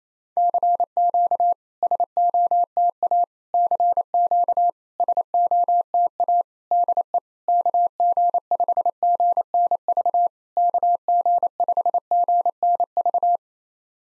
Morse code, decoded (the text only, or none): CQ SOTA CQ SOTA DE KG5GNV KG5GNV